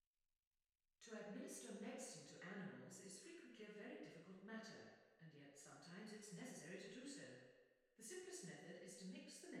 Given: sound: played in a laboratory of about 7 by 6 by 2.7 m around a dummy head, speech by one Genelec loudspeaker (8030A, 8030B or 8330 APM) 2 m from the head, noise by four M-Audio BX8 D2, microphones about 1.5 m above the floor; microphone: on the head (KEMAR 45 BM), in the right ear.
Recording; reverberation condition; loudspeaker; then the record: female speech in English; high; 150 degrees to the left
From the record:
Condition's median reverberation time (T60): about 1300 ms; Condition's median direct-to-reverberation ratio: about -4.0 dB